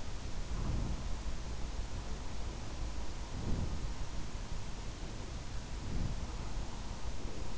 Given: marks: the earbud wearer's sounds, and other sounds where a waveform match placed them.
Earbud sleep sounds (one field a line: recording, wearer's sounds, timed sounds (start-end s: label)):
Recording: sounds in sleep by an in-ear microphone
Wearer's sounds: breath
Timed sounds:
0.45-1.00 s: breath
3.28-3.79 s: breath
5.78-6.21 s: breath